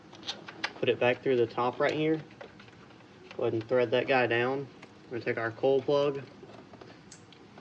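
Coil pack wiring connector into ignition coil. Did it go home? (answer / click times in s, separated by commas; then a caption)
yes / 7.1 s. During a spark plug replacement on a Gen 1 Raptor truck engine, someone talks while working, then pushes the coil pack wiring's electrical plug onto the ignition coil pack. The plastic connector latch gives a sharp click at 7.1 s as it locks, and the connector is seated.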